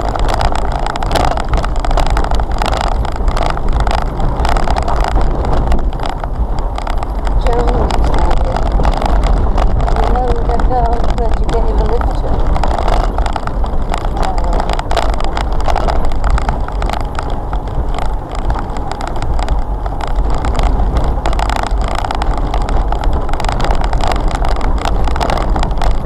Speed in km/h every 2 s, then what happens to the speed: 21, 24, 26, 27, 27, 31, 29, 27, 27, 29, 29, 29, 27.
0-9 speeds up to 31. 9-26 steady at about 29.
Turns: none.